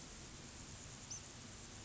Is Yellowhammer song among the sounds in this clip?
no